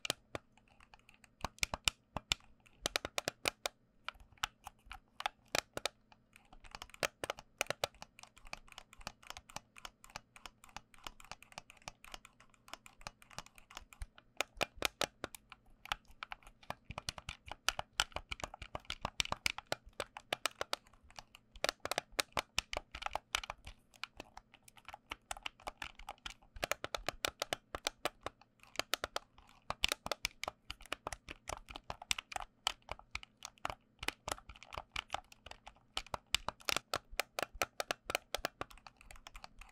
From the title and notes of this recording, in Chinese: 按鍵與開關觸發。Switches and Other Clicky Sounds。NoTalking。